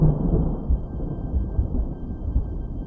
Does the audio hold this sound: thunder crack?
yes